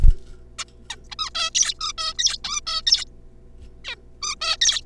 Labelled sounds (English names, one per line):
Zebra Finch